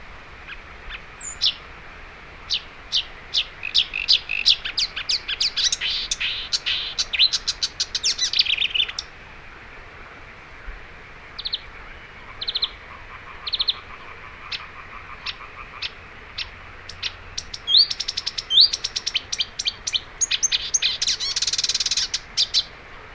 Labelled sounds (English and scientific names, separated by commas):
Marsh Warbler (Acrocephalus palustris) song